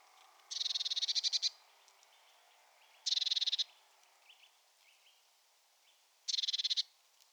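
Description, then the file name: Eurasian blue tit churring in dry, buzzy rattles, three bursts spaced a few seconds apart, with faint high chips in the gaps. "Cyanistes caeruleus"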